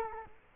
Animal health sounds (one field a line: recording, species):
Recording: mosquito wingbeat signal from an infrared sensor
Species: Culex quinquefasciatus